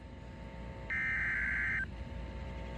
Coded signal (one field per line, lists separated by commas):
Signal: Emergency Alert System (SAME) tones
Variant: header bursts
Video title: SEABREEZE INSANITY 4: SEABREEZE MAYHEM - EAS Alerts From 7/21/24 - 7/24/24 (EAS #2122-2150)